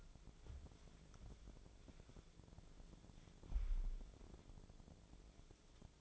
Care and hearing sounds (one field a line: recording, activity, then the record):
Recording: daily activity, microphone in the room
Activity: wipe stove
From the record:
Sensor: 5